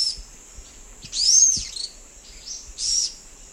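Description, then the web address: Orange-eyed flatbill giving two high, sharp arched call notes, the first longer, with a constant shrill insect hum in the background. Eastern lowlands of South America. "Natures Songs S America Eastern Lowlands. Orange-eyed Flatbill"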